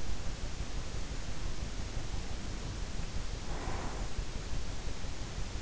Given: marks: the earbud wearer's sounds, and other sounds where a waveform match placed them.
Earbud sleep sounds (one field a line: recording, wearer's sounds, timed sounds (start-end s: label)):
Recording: sounds in sleep by an in-ear microphone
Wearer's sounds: breath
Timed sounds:
3.14-4.25 s: breath